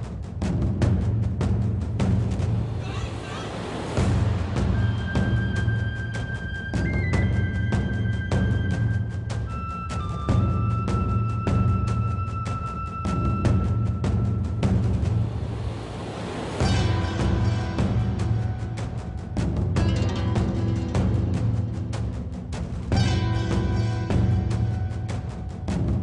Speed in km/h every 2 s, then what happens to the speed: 79, 77, 79, 79, 77, 79, 79, 76, 74, 71, 66, 61, 55.
0-12 steady at about 79. 12-26 slows to 55.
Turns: none.